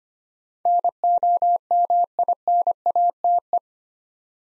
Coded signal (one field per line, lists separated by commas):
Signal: Morse code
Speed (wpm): 25 wpm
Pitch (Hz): 700 Hz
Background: none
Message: NOMINATE